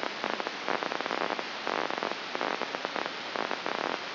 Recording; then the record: brain microelectrode recording played as sound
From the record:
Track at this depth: inside the subthalamic nucleus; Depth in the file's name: 3.426 mm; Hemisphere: left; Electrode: 2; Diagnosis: Parkinson's disease